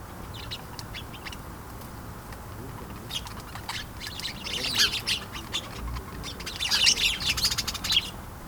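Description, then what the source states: Sparrows chattering, a dense run of short high chirps that grows busier and louder toward the end. Sparrows in their bush at bedtime in a village street in Veddelev, Denmark; recorded with Sony PCM-D100 internal mics.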